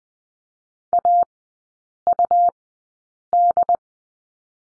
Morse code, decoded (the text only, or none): AUD